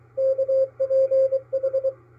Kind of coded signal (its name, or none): Morse code